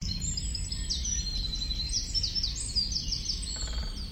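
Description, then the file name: Eurasian wren: a shrill, hurried sequence of high chirps and quick trilled notes, with a steady low rumble underneath. "Troglodytes troglodytes"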